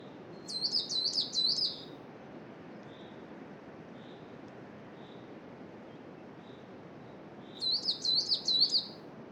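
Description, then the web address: Coal tit song: two short bursts of quickly repeated high, bouncing two-part notes, separated by several seconds, over a steady rushing wind. Spring, around noon, in a coniferous forest, with wind. "Justsoundeffects - Forest Ambiences BIRDSong Spring Noon Coniferous Forest Coal Tit Wind"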